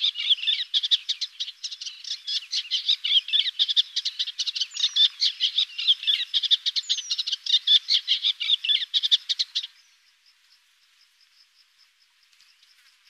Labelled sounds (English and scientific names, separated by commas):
Eastern Olivaceous Warbler (Iduna pallida) song